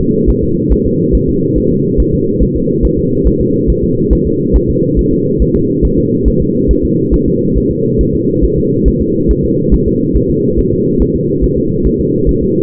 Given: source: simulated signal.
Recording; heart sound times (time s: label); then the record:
fetal heart sounds
0.01 s: S2
0.30 s: S1
0.43 s: S2
0.72 s: S1
0.86 s: S2
1.15 s: S1
1.29 s: S2
1.58 s: S1
1.72 s: S2
2.00 s: S1
2.14 s: S2
2.43 s: S1
2.56 s: S2
2.85 s: S1
2.99 s: S2
3.27 s: S1
3.41 s: S2
3.70 s: S1
3.84 s: S2
4.13 s: S1
4.27 s: S2
4.56 s: S1
4.70 s: S2
4.99 s: S1
5.13 s: S2
5.42 s: S1
5.56 s: S2
5.85 s: S1
5.99 s: S2
6.28 s: S1
6.42 s: S2
6.71 s: S1
6.85 s: S2
7.14 s: S1
7.28 s: S2
7.58 s: S1
7.71 s: S2
8.01 s: S1
8.15 s: S2
8.44 s: S1
8.58 s: S2
8.88 s: S1
9.02 s: S2
9.31 s: S1
9.45 s: S2
9.74 s: S1
9.88 s: S2
10.16 s: S1
10.30 s: S2
10.59 s: S1
10.73 s: S2
11.02 s: S1
11.16 s: S2
11.44 s: S1
11.58 s: S2
11.87 s: S1
12.00 s: S2
12.29 s: S1
12.43 s: S2
From the record:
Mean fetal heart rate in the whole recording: 140 bpm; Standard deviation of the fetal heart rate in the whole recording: 2 bpm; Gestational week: 34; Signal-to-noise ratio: -11.2 dB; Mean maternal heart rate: 72 bpm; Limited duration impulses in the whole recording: present